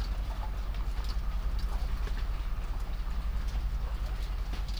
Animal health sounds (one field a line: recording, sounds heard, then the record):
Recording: poultry house recording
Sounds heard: sick chickens (respiratory disease)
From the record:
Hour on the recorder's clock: 23